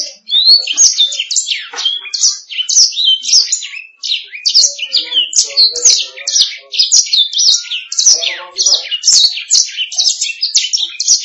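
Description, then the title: Canary song, a continuous fast stream of bright chirps and downward-slurred whistles repeating in tight runs for the whole stretch. "BM Suara Kenari"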